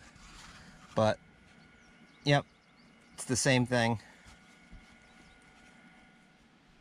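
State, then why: Not seated. A wiring harness connector is handled and lined up with the EVAP purge solenoid on a Chevy Tahoe, but it has not been pushed home or clicked yet. Someone talks in short bursts over a low steady background hum.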